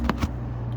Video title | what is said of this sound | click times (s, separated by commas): How to Fix a Smart Car check engine light P0497 (2008-2016) | Yep, there you go. Hear a little click. It's snug. | 0.1 s